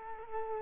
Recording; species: mosquito wingbeat signal from an infrared sensor; Culex quinquefasciatus